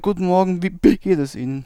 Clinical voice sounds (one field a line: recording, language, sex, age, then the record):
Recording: spoken sentence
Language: German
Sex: male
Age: 20 to 29 years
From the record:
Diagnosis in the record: stuttering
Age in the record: 23 years